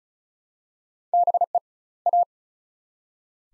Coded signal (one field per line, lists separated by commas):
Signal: Morse code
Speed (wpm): 36 wpm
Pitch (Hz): 700 Hz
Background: none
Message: BE A